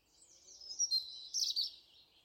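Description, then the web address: European robin song: a thin, high warble with a few sharper, bright notes in the middle, then fading away. "Deverinetal 2025"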